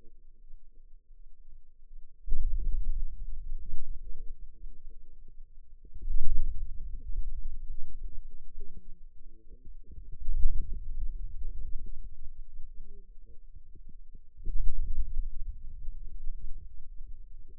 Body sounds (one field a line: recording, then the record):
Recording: forearm muscle sounds (acoustic myography)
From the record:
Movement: wrist extension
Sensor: system 2, bracelet of six BSWA MPA416 microphones around the upper forearm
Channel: 1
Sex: female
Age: 21 years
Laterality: right